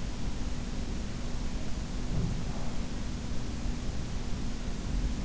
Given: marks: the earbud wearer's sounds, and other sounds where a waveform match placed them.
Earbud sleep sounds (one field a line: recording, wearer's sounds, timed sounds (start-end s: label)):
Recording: sounds in sleep by an in-ear microphone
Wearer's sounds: breath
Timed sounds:
1.87-3.60 s: breath
2.08-2.63 s: sound from someone else or the room